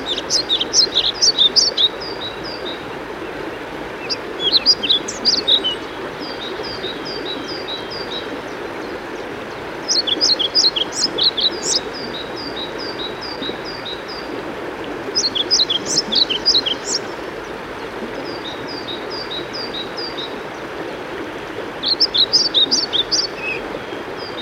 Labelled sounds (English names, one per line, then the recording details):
European Pied Flycatcher
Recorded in the wild
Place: Thale, Sachsen-Anhalt, DE
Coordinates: 51.731, 11.063
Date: 1978-05-07
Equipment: Nagra III BH, Sennheiser MD 21, parabola
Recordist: Schubert, Michael
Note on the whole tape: Gesang und Rufe Trauerschnäpper